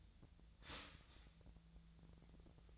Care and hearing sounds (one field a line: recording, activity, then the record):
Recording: daily activity, microphone in the room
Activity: start toaster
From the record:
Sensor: 3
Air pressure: 1009.3 hPa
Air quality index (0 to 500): 197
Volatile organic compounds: 16 ppm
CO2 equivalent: 2560 ppm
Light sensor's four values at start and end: 24/60/25/26 and 23/59/24/25